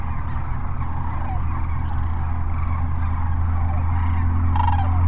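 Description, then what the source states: Sandhill cranes calling together in a dense, continuous chorus of rolling, trumpeting calls, with one clearer call standing out near the end over a steady low rumble. At Cochise Lakes on 30 January 2019.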